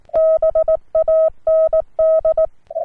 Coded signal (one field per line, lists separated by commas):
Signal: Morse code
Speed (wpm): 18 wpm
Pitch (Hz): 640 Hz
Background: none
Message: BAND